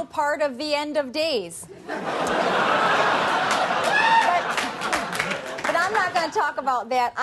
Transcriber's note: soundbite of audience laughter